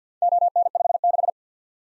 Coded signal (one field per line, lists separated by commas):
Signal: Morse code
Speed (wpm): 52 wpm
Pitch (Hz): 700 Hz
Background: none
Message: ON56